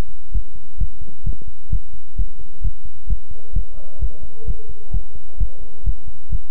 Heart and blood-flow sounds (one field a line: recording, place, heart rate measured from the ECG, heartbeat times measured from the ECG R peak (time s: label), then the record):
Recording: heart sounds by stethoscope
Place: between the tricuspid and mitral areas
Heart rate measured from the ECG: 131 bpm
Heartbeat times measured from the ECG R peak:
0.32 s: heartbeat
0.78 s: heartbeat
1.23 s: heartbeat
1.70 s: heartbeat
2.16 s: heartbeat
2.61 s: heartbeat
3.07 s: heartbeat
3.53 s: heartbeat
3.99 s: heartbeat
4.45 s: heartbeat
4.91 s: heartbeat
5.37 s: heartbeat
5.83 s: heartbeat
6.29 s: heartbeat
From the record:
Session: pedaling a stationary bicycle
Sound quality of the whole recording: good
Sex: male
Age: 24 years